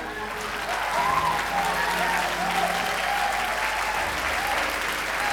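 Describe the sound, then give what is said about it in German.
Steady, loud applause from an audience after a children's ballet performance on a brightly lit stage, a dense continuous patter of clapping that holds evenly for several seconds, with faint voices mixed in underneath. “Die Zuschauer sind begeistert.”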